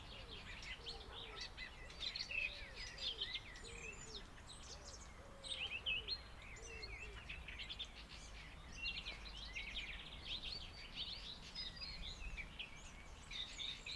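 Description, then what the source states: Common starling song: a jumble of chattering, whistled and squeaky notes, with a pigeon's low repeated cooing underneath and steady background noise. Starling heard in the background with a pigeon also present.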